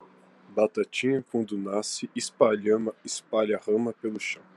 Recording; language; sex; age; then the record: short text; Brazilian Portuguese; male; 18 to 19 years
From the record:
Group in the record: control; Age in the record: 18 years